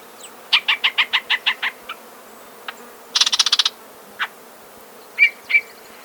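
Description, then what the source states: Yellow-breasted Chat song: a series of several even, harsh notes, scattered single notes, a rapid rattle, and two short whistled phrases near the end. Song with rasping quality, repeated phrases and long pauses, often mimicking other species and mechanical sounds like woodpecker drumming, reminiscent of space-movie sound effects.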